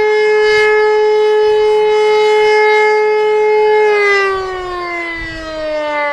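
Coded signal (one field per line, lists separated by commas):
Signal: siren signal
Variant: E57 siren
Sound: loud steady mechanical siren wail with rich harmonics, then pitch begins to wind down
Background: outdoor wind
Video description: Monatliche Sirenenprobe aller Sirenen der Stadt Niederkassel am 2. Samstag im Monat um 11.15 Uhr.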